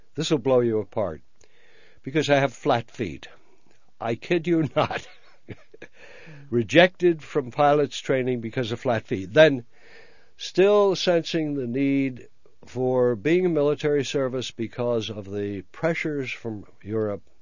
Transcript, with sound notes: This will blow you apart. Because I have flat feet. I kid you not. () ( he laughs ) Rejected from pilot's training because of flat feet. Then still sensing the need for being in military service because of the pressures from Europe,